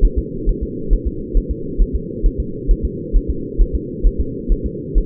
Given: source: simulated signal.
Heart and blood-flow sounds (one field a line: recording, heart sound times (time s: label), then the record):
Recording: fetal heart sounds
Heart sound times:
0.05 s: S1
0.19 s: S2
0.49 s: S1
0.63 s: S2
0.93 s: S1
1.07 s: S2
1.37 s: S1
1.51 s: S2
1.82 s: S1
1.95 s: S2
2.26 s: S1
2.40 s: S2
2.71 s: S1
2.85 s: S2
3.16 s: S1
3.30 s: S2
3.61 s: S1
3.75 s: S2
4.06 s: S1
4.20 s: S2
4.52 s: S1
4.66 s: S2
4.98 s: S1
From the record:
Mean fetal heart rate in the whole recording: 130 bpm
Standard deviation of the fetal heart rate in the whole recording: 4 bpm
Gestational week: 38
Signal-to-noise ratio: -4.3 dB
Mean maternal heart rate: 72 bpm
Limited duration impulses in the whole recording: absent